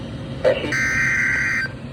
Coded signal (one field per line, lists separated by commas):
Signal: Emergency Alert System (SAME) tones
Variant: header bursts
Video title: EAS #56 (SVR For Me)